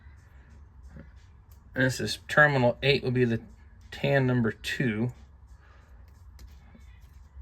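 Someone talks while a crimped tan wire terminal, its locking tab bent out, is handled to be slid into terminal 8 of a plastic gauge harness connector plug. Faint handling taps occur around 1.0, 1.5 and 6.4 seconds over a low background hum. Nothing has seated or clicked yet.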